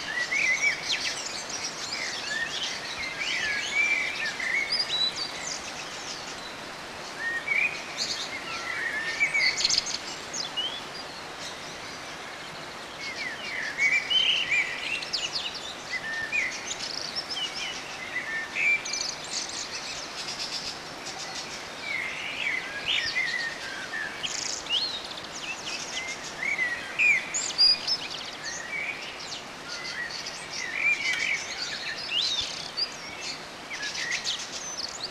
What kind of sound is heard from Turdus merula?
song